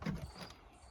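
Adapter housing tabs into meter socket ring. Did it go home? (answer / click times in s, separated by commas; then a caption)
no / none. The two bottom tabs of a Generlink adapter housing are lined up against a meter socket ring, making a brief low rumbling handling noise that peaks near 0.1 s and then fades to a quiet hum. Nothing has seated or clicked yet.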